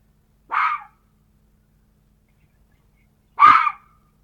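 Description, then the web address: Red fox barking twice, each call short, rough and slightly falling, separated by about three seconds of silence. "glos lisa"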